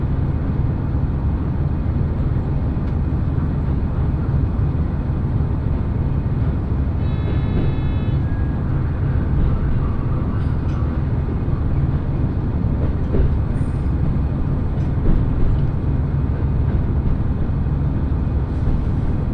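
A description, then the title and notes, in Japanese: A ride aboard an Echigo TOKImeki Railway train, heard as a steady, dense low rumble of the running train that holds constant throughout. Faint clicks and rattles surface now and then, and a brief tonal chime sounds around seven seconds in. 耳で楽しむ鉄道旅 えちごトキめき鉄道 高田→直江津→糸魚川。ディーゼルカー1両で足りてしまいます。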